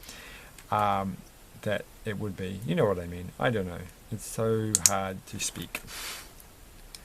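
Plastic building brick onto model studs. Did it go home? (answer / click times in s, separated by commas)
yes / 6.9 s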